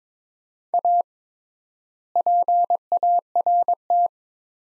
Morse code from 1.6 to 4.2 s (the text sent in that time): PART